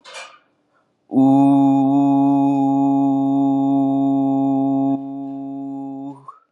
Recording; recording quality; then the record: sustained vowel as in boot; excellent, no background noise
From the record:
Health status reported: COVID-19 positive, moderate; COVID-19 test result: positive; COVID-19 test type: RT-PCR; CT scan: not taken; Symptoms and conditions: cough, cold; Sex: male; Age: 23 years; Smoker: no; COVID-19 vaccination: both doses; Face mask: not worn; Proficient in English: yes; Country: United States